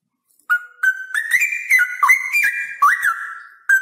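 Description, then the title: Straw-headed bulbul song: a continuous loud, liquid warble of rising and dipping whistled notes, flowing without pause. Male, singing loudly with long trills. "Cucak ROWO Jantan GACOR Suara Lantang ROoo EL Panjang"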